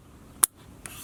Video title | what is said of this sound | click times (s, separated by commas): How To Replace Honda Door Switch | so I will hook it together until it will click you heard it right | 0.4 s